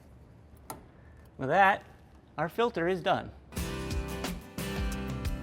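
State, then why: Seated. A plastic filter housing clip is locked back into its bracket, giving a single sharp tick at 0.7 s as it seats. Someone then talks, and music comes in from about 3.6 s to the end.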